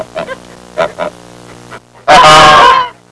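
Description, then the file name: Bird honking calls: several short nasal honks in a loose series, then a brief pause and one long, loud, harsh squawking call lasting nearly a second. "uccelli birds"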